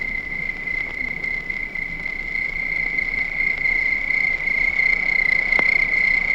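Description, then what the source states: Crickets hold a continuous high-pitched trill, joined by a brief sharp click near the end. Crickets recorded at night.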